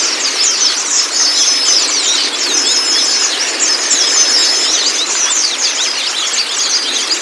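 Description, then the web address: White-eye chorus, shrill rapid chirping notes layered thickly together and running steadily from start to end. Therapy recording meant to get the white-eye to open its beak and sing; used as a masteran (song-tutor) track. "audio pleci-terapi-buka-paruh. masteran pleci"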